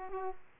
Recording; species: mosquito wingbeat signal from an infrared sensor; Aedes aegypti